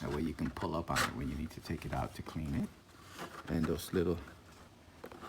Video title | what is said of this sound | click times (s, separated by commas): IETS GT500 Powerful Turbo Fan 5K RPM RGB Laptop Rapid Cooling Pad Seal Foam Gaming 13-17 inch Cooler | and just go in locked into place | 5.0 s, 5.1 s